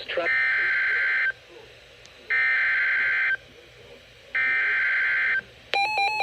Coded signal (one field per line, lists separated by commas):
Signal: Emergency Alert System (SAME) tones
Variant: header bursts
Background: speech